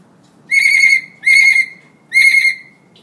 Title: Suara Burung Beo Gacor Cocok Untuk Masteran